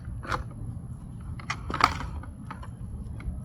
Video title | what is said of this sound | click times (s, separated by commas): This Tennis Ball Hopper Changed My Serve Practice - Tourna Ballport Review | legs fold down, snap into place. | 1.5 s, 1.8 s